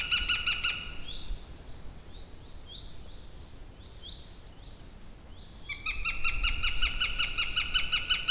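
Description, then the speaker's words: Northern Goshawk cackling in rapid harsh series at start and end, separated by a quieter stretch of short, higher notes; low background noise. Wild cackling from a spruce forest in late autumn; a goshawk back on its home territory, apparently disputing with a stranger individual; goshawks guard territory year-round. "kuusikosta kuuluu villiä käkätystä, vaikka on loppusyksy. Kanahaukka, tämän metsän todellinen valtias, on tullut käymään kotona. Siellä on jonkunlainen riita käynnissä."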